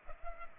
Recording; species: mosquito wingbeat signal from an infrared sensor; Culex pipiens